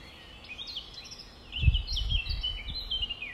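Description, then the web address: Nightingale song of rapid varied whistled notes and trills, with a low thumping rumble breaking in midway. 5 May 2020, about 05:32. "2020 05 06 nightingales"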